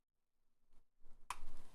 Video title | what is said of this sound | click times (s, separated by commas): Hacking LIGHT BULBS so they don't f'in phone home. | there we go nice little click | 1.3 s